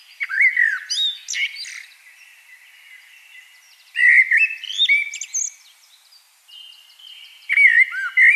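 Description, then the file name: Common blackbird singing mellow whistled phrases that break into thin, scratchy high notes, three bursts with quiet gaps between them. "Turdus merula"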